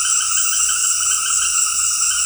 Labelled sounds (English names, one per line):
none